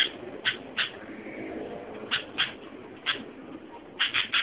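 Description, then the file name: Sooty-headed bulbul giving spaced, clipped chirps, ending with a quick cluster of three notes. "suara burung kutilang"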